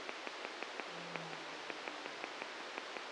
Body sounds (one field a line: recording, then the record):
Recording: brain microelectrode recording played as sound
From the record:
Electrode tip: outside the subthalamic nucleus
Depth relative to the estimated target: 2 mm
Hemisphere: right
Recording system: NeuroSet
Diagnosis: Parkinson's disease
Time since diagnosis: 7 years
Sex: male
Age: 44 years